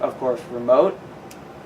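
A small plastic toy race car is handled at the charging slot inside a handheld remote while someone talks. It has not been pushed home yet, and nothing has seated or clicked in this clip.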